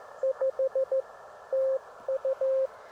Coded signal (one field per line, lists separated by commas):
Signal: Morse code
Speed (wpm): 15 wpm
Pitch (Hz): 500 Hz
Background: none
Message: 5 TU